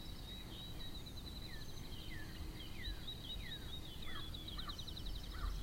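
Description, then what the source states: Sparrow calls: a string of clear downslurred chirps, some doubled, under a continuous high trill and low rumbling noise. Field recording.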